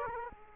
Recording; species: mosquito wingbeat signal from an infrared sensor; Aedes aegypti